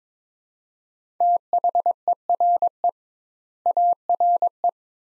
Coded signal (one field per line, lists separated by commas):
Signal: Morse code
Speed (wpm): 21 wpm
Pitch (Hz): 700 Hz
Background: none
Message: THERE ARE